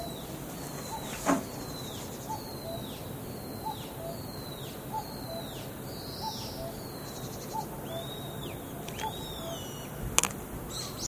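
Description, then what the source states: Common cuckoo giving a soft two-note call, repeated steadily. Another bird's higher swooping whistles sound over steady background noise. Recorded on a walking path on 12 June.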